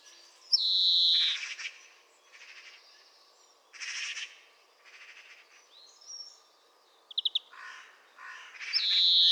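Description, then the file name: European greenfinch giving a long, nasal, drawn-out wheeze near the start and again at the end, with rough buzzy bursts and brief twittering notes between. "Chloris chloris"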